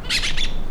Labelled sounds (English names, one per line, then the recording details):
Brown-throated Parakeet contact call
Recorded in La Tortuga
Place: Isla La Tortuga
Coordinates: 10.925, -65.258